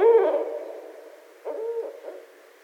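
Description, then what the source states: Barred owl hooting: a loud, low hoot that slides and fades at the start, then two or three shorter hooted notes about a second later, with quiet in between. Recorded on 29 February 2012.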